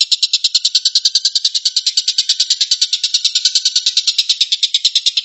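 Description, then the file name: Stork-billed kingfisher rattle: a machine-gun series of rapid, raspy notes, continuing without a break through the whole stretch. Tengkek buto giving the "tembakan" or shooting call. "suara tembakan tengkek buto"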